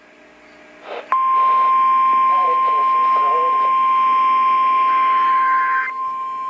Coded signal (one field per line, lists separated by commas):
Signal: Emergency Alert System (SAME) tones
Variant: 1050 Hz attention tone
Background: speech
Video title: RALEIGH'S BULLSHIT SURPRISE!!! EAS Alerts from 8/21/19 (EAS #3,234 - 3,255)